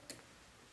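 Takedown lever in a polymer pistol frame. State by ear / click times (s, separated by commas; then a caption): seated / 0.1 s. A takedown lever on a Beretta Px4 Storm's polymer pistol frame is pulled outward until it clicks into its detent position, where it stays held in the frame instead of coming out. A single sharp, bright click lands at 0.1 s over faint background noise, confirming the lever is seated.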